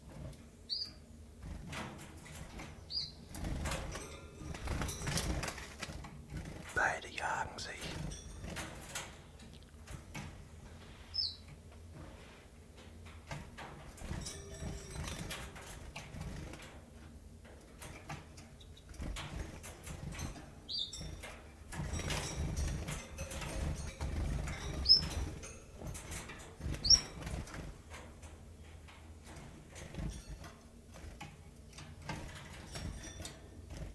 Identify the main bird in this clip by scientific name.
Phylloscopus collybita